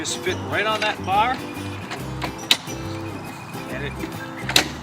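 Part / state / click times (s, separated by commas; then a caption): scooter front-section hooks onto rear-section bar / seated / 4.6 s. The two hooks on the front section of a UGo mobility scooter frame are fitted onto the metal bar on the rear section while someone talks over background music. A sharp click at 4.6 s marks the front section seating onto the bar, confirmed as snapped into place.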